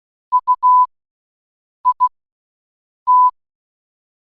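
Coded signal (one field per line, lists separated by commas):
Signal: Morse code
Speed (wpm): 16 wpm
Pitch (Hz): 1000 Hz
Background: none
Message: UIT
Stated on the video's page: Morse sent wirelessly between two CLUE boards, keyed with two front buttons for dot and dash; range about 50 feet.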